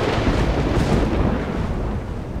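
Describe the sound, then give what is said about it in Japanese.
A storm roars steadily, with deep rolling thunder rumbling beneath a dense wash of rain-like noise, heard from inside a storage shed. It stays loud and continuous throughout, with no voices. “ダメだ、こんな嵐じゃ私たちの声なんか聞こえこない。”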